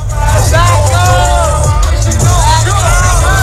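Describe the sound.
A dense concert crowd roars continuously, with many voices yelling and shouting over one another above a heavy low rumble, loud and unbroken throughout.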